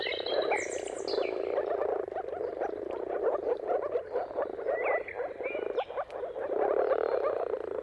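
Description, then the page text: Moor frogs call in a busy low chorus that briefly thins late on, with birds singing short whistled and upslurred notes above. Moor frog mating calls at sunrise, turn of March and April, timing depending on weather; recorded by Jakub Orzecki. "Jakub-Orzecki moor frogs. Dawn’s Chorus: Mating Calls of Marsh Frogs at Sunrise. Depending on the weather at the turn of March and April, you can witness an amazing spectacle of moor frogs"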